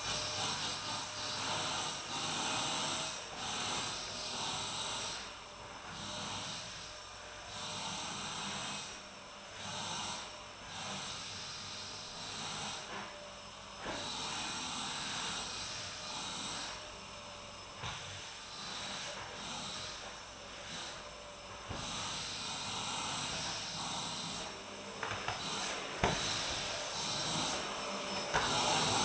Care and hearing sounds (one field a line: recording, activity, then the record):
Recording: daily activity, microphone in the room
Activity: vacuum cleaning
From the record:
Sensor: 2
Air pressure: 1009.5 hPa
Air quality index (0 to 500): 187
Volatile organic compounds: 12 ppm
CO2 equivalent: 2325 ppm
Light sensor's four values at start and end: 25/61/26/29 and 25/60/26/28